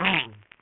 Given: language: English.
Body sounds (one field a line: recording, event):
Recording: throat vibration sensor signal played as sound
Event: throat clearing